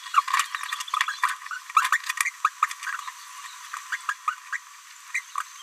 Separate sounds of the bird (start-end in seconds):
0.14-0.20, 1.23-1.34, 1.76-1.88, 1.91-1.98, 2.44-2.50, 2.62-2.67, 3.91-3.98, 4.08-4.14, 4.27-4.36, 4.52-4.58, 5.14-5.21